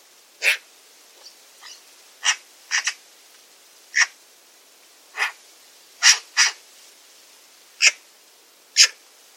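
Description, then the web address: Bird calls, short sharp pips repeated irregularly, some in quick pairs, with softer faint notes between. "Bird Only More Classes Pi Pi Pi Pi"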